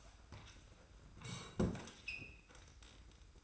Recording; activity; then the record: daily activity, microphone in the room; sit down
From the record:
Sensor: 2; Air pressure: 990.3 hPa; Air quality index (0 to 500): 179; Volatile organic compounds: 1000 ppm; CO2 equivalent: 5697 ppm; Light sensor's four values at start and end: 31/69/29/29 and 32/74/30/30